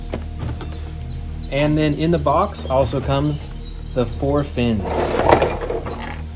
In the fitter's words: Let's go ahead and attach the tail, and it just clicks right in.